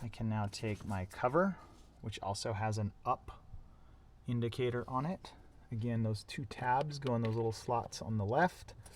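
The plastic cabin air filter access cover of a 2021 Toyota Sienna Hybrid, marked with an up indicator, is lined up so its two tabs go into the slots on the left of the HVAC housing behind the glove box. Someone talks throughout, with faint handling sounds in the pauses. Nothing has seated or clicked yet.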